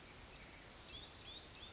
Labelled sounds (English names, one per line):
Brown Creeper